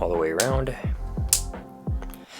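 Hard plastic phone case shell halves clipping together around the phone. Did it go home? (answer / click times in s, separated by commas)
yes / 1.3 s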